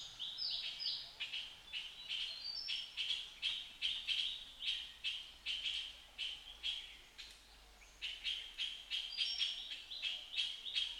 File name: Puff throated bulbul